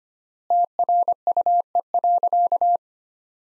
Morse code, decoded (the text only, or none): TRUE.